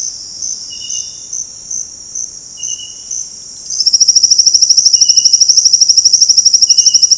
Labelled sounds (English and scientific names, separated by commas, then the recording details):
Silvered Antbird (Sclateria naevia)
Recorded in dense forest near Puerto Asís, Putumayo, Colombia, on 19 February 2024 at 07:30
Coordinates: 0.472, -76.329
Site G6394